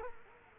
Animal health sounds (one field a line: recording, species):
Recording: mosquito wingbeat signal from an infrared sensor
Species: Culex quinquefasciatus